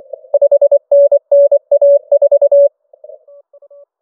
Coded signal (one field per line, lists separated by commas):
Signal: Morse code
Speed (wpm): 24 wpm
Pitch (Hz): 570 Hz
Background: none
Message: 5NN A4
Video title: SQ5VCO in CQ WW CW 2021 Ham Radio Contest